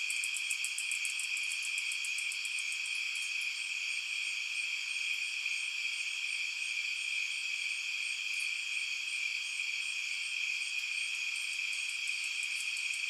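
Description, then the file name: Insects hum in steady, high-pitched layered tones, joined by fast pulsing trills at the beginning and close. Insects at night. "Blastwave FX Night Insects"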